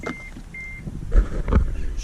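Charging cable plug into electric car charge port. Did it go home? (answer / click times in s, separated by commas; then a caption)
yes / 1.5 s, 1.6 s. A charging cable plug is pushed into the charge port of a Nissan Leaf electric car until it latches. Two steady high beeps sound early on, then the plug clicks home at 1.5 s and 1.6 s. The plug is seated, and the charging indicator confirms the car is charging.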